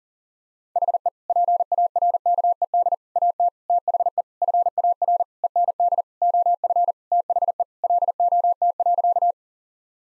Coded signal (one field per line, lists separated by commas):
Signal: Morse code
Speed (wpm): 37 wpm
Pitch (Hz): 700 Hz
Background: none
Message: HE PARKED AT THE FAR END OF THE LOT.